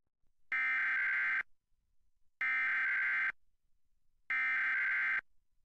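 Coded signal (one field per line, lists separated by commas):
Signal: Emergency Alert System (SAME) tones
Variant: header bursts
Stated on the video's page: Required monthly EAS tests from Utah, Kern and Los Angeles.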